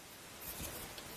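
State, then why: Not seated. The lower transmission cooler line is being handled at its quick-connect fitting on a GM 4T65-E transmission, in a tight spot under the radiator hose. Only a steady, low broadband noise is heard, swelling slightly around 0.4–0.7 s with a faint bump near 1.0 s. Nothing has seated or clicked yet.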